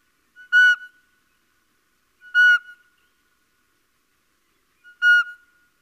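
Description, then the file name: Little owl giving three short, clear mewing notes, each preceded by a faint soft lead-in, spaced about two to three seconds apart against a silent background. "Civetta"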